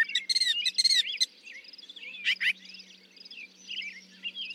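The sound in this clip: Northern mockingbird song opening with harsh, rattling repeated notes, then a loud raspy burst and softer twittering phrases, with a low hum underneath.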